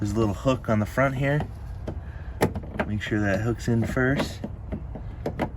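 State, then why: Not seated. A plastic side marker lamp for a 10th gen Honda Civic is being handled at the fender opening, hooked in at its front end before being pushed forward and pressed in. Someone talks while a few short, light taps and knocks of handling are heard. Nothing has seated or clicked into the fender yet.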